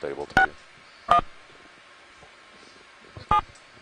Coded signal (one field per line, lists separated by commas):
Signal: DTMF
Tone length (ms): 100 ms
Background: speech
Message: 61 7